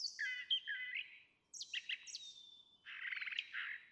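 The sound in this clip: Brown Thrasher song fragment: a few whistled and slurred phrases, then a rapid buzzy trill, over a quiet background.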